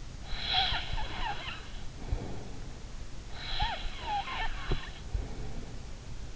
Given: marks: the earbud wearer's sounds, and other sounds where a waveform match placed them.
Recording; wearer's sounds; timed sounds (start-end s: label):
sounds in sleep by an in-ear microphone; snoring breath
0.28-2.87 s: snoring breath
3.34-5.89 s: snoring breath